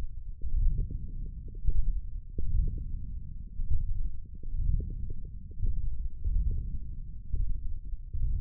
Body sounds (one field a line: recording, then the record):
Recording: forearm muscle sounds (acoustic myography)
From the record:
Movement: wrist extension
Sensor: system 1, eight BSWA MPA416 microphones around the upper forearm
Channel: 1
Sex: male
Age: 20 years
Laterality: left